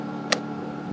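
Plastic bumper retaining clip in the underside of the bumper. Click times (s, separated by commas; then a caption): 0.3 s. The center of a plastic push-in retaining clip in the underside of a bumper is pressed down, and the clip pops out of its hole with a single sharp, bright click at 0.3 s. A steady low hum runs underneath throughout, and the clip comes free.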